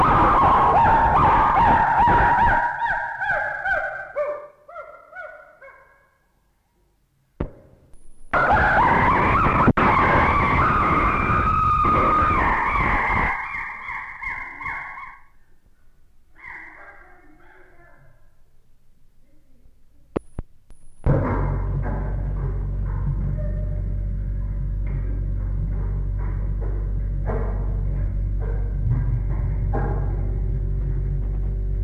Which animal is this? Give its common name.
Chimpanzee